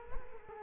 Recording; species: mosquito wingbeat signal from an infrared sensor; Culex quinquefasciatus